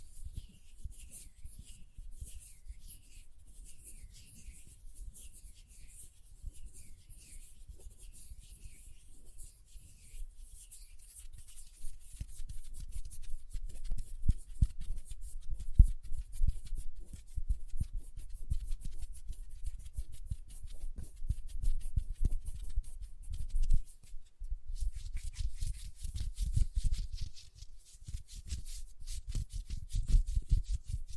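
Lotion being worked between the hands, a steady run of soft, wet rubbing and squishing with dense low thumps. In the first ten seconds, light repeated clicks sit above the rubbing; the motion grows fuller and louder after about twelve seconds, with a brief pause near twenty-four.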